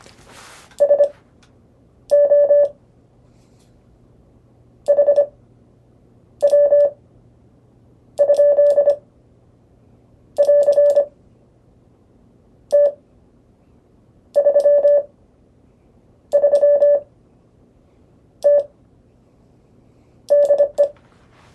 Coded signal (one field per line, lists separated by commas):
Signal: Morse code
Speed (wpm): 25 wpm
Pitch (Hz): 580 Hz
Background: none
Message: SO HW? <AR> T33T DE